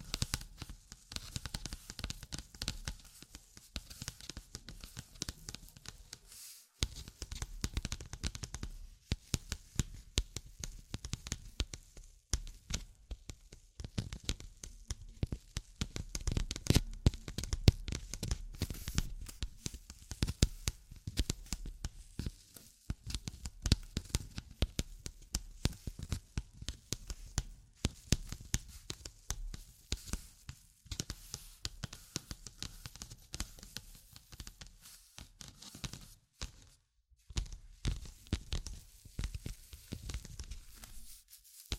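Tapping and scratching sounds run continuously through all 42 seconds, a dense stream of quick, irregular clicks and scrapes with brief pauses around 7 and 37 seconds. The texture is dry and crackly, with bright tops and a low thump beneath, and no steady background.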